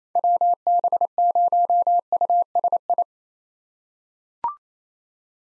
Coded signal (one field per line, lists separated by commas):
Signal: Morse code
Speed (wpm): 28 wpm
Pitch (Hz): 700 Hz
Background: none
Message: WB0USI